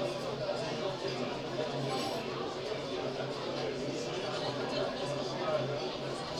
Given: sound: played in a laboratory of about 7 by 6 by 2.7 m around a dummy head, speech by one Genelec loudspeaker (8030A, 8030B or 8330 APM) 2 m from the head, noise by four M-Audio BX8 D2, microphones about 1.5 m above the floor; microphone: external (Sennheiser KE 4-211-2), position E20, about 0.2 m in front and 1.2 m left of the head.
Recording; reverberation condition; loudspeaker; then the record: cafeteria noise; low; four, about 170 cm from the corners of the room and facing them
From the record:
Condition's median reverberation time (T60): about 310 ms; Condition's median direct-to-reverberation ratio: about 3.5 dB